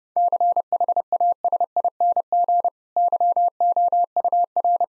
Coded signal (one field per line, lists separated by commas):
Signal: Morse code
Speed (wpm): 30 wpm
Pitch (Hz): 700 Hz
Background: none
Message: CHASING YOUR